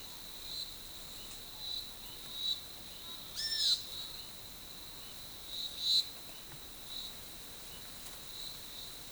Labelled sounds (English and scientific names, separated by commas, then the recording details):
Great Kiskadee (Pitangus sulphuratus)
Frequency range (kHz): Great Kiskadee (Pitangus sulphuratus) 1.2-10.6 kHz
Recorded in forest near Pivijay, Magdalena, Colombia, on 18 April 2023 at 11:00
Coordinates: 10.467, -74.380
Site Z5-G034